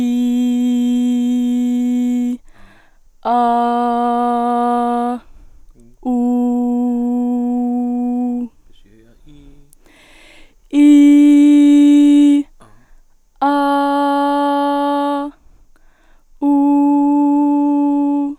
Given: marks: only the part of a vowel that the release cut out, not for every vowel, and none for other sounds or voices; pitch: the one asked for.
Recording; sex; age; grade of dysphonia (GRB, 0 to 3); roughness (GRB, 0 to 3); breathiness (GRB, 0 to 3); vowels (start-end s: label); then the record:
sustained vowels; female; 20 to 29 years; 0; 0; 0
0.00-1.93 s: vowel /i/, normal pitch
3.36-5.08 s: vowel /a/, normal pitch
6.23-8.18 s: vowel /u/, normal pitch
10.97-12.28 s: vowel /i/, high pitch
13.56-15.14 s: vowel /a/, high pitch
16.48-18.21 s: vowel /u/, high pitch
From the record:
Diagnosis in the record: healthy voice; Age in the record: 21 years